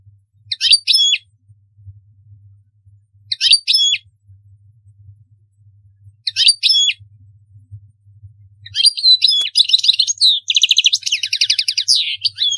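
European goldfinch song: three short twittering phrases about every three seconds, then a long fast tinkling run of buzzy trills and liquid notes over a faint low hum.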